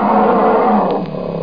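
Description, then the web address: Bear giving a brief, harsh, rasping roar, loud and sustained, fading slightly near the end. "Micro RD-CD-ROM-Vol 1. bear"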